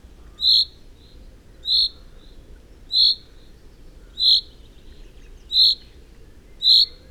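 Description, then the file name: Common chaffinch uttering a steady series of crisp single high call notes, about one every second or so, against a low hiss. "Fringilla coelebs"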